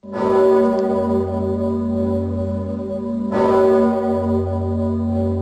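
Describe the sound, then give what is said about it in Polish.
The huge, deep Sigismund Bell in Kraków tolls twice to open the celebrations of the 227th anniversary of Poland's Constitution of 3 May, each heavy strike blooming into a long, humming resonance with low, sustained overtones that barely fade before the next stroke. “W Krakowie dźwięk dzwonu Zygmunta rozpoczął obchody 227. rocznicy uchwalenia Konstytucji 3 maja.”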